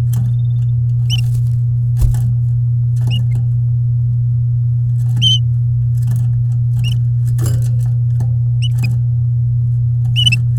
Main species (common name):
Domestic Canary